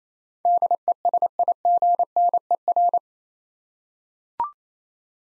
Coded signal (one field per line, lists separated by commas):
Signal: Morse code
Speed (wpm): 27 wpm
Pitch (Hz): 700 Hz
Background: none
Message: DESIGNER